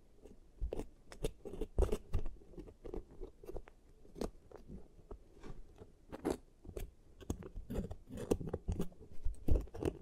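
ASMR teeth treatment sounds: a steady stream of soft clicks, taps and crunchy snips, many sharp and bright, arriving several times a second over a low, muffled rustling bed. Louder clustered crunches stand out near two, six and nine and a half seconds.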